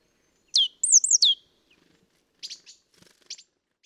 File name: Mesange charbonniere cris